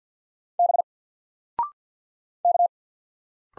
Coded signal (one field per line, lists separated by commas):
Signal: Morse code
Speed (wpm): 48 wpm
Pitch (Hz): 700 Hz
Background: none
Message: B K